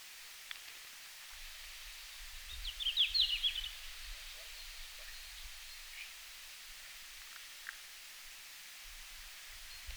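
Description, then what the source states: Red-flanked bluetail song: one short, high warbled phrase of quick notes lasting about a second, over a steady hiss of background noise. Recorded in Finland on 17 June 2019 at 17:00.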